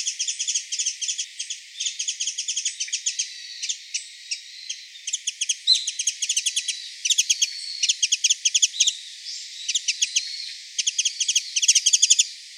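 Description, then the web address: Japanese white-eye calls: fast high twittering chirps in repeated bursts, with some thin whistled notes mixed in, continuing throughout. 6 February 2018. "birdenaga mejiro"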